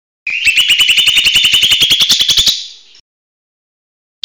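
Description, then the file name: Leafbird song: a fast, even, buzzy rattling trill lasting over two seconds that fades away, with a brief note at the end. For training songbirds; song style named "tembakan besetan". "audio cucak hijau mini tembakan besetan omkicau"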